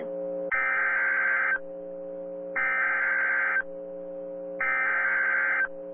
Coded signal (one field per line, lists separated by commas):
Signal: Emergency Alert System (SAME) tones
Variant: header bursts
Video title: EAS Timeline: Historic EF-4 Wedge Tornado Strikes Winterset, Iowa NOAA Weather Radio